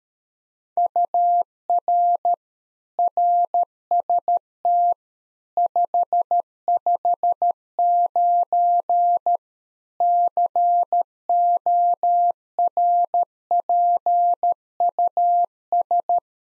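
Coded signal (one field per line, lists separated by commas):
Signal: Morse code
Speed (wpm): 13 wpm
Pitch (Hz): 700 Hz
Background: none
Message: UR RST 559 CORPUS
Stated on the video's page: Practice CW QSO exchange for head-copy at 13 wpm; beginning segment.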